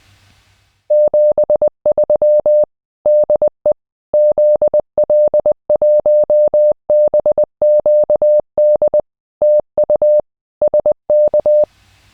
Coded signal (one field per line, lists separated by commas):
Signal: Morse code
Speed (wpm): 20 wpm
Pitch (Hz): 600 Hz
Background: none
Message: 73 DE ZL1BQD TU SK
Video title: The PAPER WORK for a Ham Radio DXPEDITION licence in the Pacific Islands.- Part 2